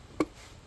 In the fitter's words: You hear that click?